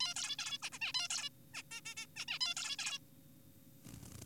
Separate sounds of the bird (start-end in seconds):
0.00-0.14, 0.16-0.36, 0.39-0.58, 0.63-0.70, 0.72-0.79, 0.82-0.92, 0.94-1.08, 1.10-1.29, 1.54-1.63, 1.71-1.81, 1.86-1.95, 1.97-2.06, 2.16-2.26, 2.28-2.39, 2.41-2.54, 2.57-2.76, 2.79-2.99